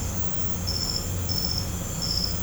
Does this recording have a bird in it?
no